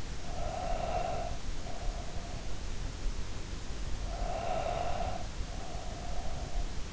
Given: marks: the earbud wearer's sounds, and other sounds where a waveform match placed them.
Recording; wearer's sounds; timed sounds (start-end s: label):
sounds in sleep by an in-ear microphone; breath
0.33-2.91 s: breath
3.78-6.92 s: breath